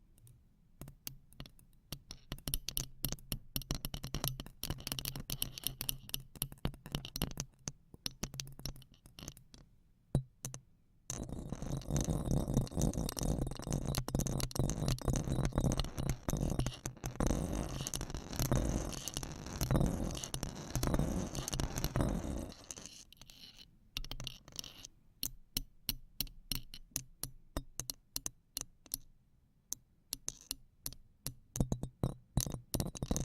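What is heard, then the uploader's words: Hard and soft stabs strike the microphone in rapid, irregular bursts of sharp taps. From about 11 to 23 seconds they merge into a loud, continuous scraping rush, then a short pause gives way to sparser, punchy hits to the end. ASMR Intense hard and soft stabs on the microphone (without speaking).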